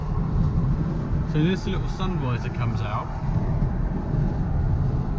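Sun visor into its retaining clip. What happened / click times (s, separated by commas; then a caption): The sun visor is being moved but has not yet snapped into its clip / none. Inside a Tesla Model X, the driver swings the car's sun visor out and over to the side toward its retaining clip while someone talks over a steady low vehicle rumble. Nothing has seated or clicked yet.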